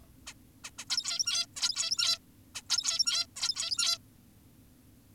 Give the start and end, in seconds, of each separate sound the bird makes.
0.27-0.34, 0.64-0.71, 0.78-0.85, 0.90-1.46, 1.56-2.19, 2.55-2.62, 2.70-3.26, 3.36-3.98